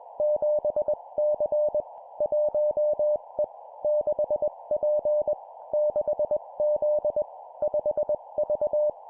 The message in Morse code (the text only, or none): 7C 1E 6P 6Z 5V